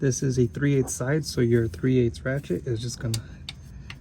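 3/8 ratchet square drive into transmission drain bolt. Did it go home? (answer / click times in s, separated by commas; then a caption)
yes / 3.5 s. The square drive of a 3/8 ratchet, with no socket, is pushed straight into the square recess of the metal transmission drain bolt on a 2014–2017 4-cylinder Honda Accord during a transmission fluid service. Someone talks throughout, and a sharp tick is heard at 3.5 s as the drive seats in the bolt.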